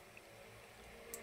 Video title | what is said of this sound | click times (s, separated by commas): moteur qui broute tremblement injecteur Volkswagen,Car grazing Volkswagen injector beams shaking | un clic voilà tu vois donc je l'ai nettoyé soufflette | 1.1 s